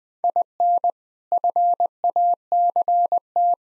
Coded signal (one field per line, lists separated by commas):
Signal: Morse code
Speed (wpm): 20 wpm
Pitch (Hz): 700 Hz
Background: none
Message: IN FACT